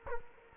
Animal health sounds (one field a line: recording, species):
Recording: mosquito wingbeat signal from an infrared sensor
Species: Culex quinquefasciatus